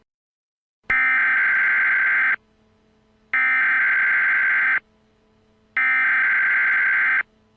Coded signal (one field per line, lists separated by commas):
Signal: Emergency Alert System (SAME) tones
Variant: header bursts